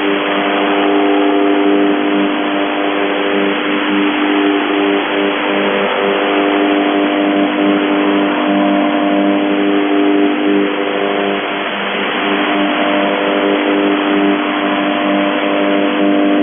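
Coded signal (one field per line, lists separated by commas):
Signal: channel marker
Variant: UVB-76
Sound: continuous low droning buzz with harmonics under steady shortwave hiss, no clear gaps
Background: radio static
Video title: The Buzzer/UVB-76(4625Khz) August 26, 2021 Voice messages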